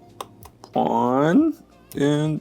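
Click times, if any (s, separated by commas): 0.2 s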